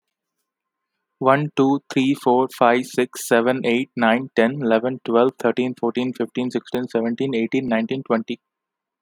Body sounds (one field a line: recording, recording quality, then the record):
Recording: counting at a fast pace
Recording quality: excellent, no background noise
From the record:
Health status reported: healthy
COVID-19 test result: negative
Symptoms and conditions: none ticked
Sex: male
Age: 26 years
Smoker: not ticked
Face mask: not worn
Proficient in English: yes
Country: India